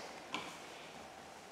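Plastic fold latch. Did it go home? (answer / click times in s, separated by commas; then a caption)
released / 0.3 s. A fold release latch on a pram's chassis is pulled while the rest of the pram is held, and it gives a single sharp click at 0.3 s over a steady background hiss. The latch releases so the frame can be unfolded.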